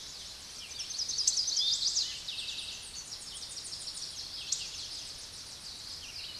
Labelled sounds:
Chestnut-sided Warbler song
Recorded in a Pennsylvania forest on 16 May 2024 at 06:18
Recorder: AudioMoth, point MSD-1338
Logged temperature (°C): 12.6 °C
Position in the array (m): 71 m, 63 m

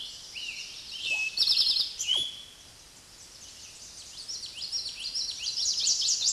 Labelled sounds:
Eastern Towhee song
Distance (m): 5 m
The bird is about level with the microphone
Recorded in a Pennsylvania forest on 16 May 2024 at 06:14
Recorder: AudioMoth, point MSD-2166
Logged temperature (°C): 16.3 °C
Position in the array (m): 110 m, 6 m

